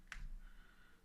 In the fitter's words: you hit that point it kind of just pops out on its own